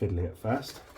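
A plastic cover panel over the LED area is being fitted onto the housing of a Bambu Lab X1 Carbon 3D printer, and it is fiddly at first. Someone talks while handling it, with faint rustling between the words. Nothing has seated or clicked into place yet.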